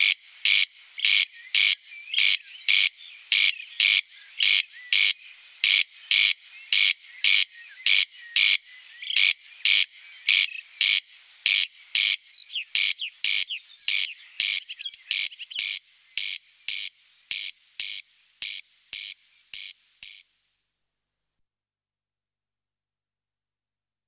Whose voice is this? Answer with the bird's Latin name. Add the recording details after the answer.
Crex crex. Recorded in the wild. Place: Rieselfeld / Freiburg im Breisgau, Baden-Württemberg, DE. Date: 1976-06-17. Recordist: Schwarz, Dieter